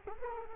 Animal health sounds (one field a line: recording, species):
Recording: mosquito wingbeat signal from an infrared sensor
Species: Culex quinquefasciatus